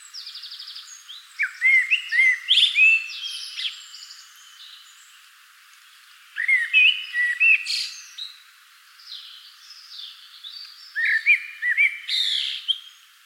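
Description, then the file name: Common blackbird singing three phrases roughly five seconds apart, each of warbled flute-like notes ending in high scratchy twitters. "Turdus merula"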